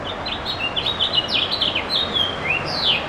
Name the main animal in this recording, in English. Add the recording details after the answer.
House Finch. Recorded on Long Island, New York, on 21 June 2011. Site IT. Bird C